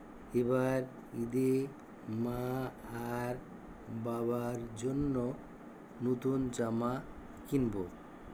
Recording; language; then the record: elicited speech; Bengali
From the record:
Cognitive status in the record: dementia